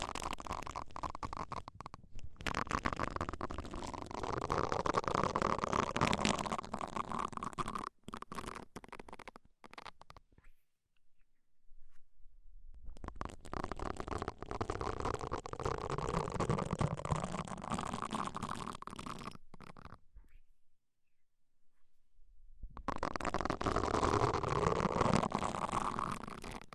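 Deep ear cleaning sounds come in long, dense stretches of rough, scratchy rubbing and muffled rumbling, with a strong low-middle tone. Three main passages are separated by near-silent gaps around 10–12 seconds and 20–23 seconds, with a few brief dropouts inside.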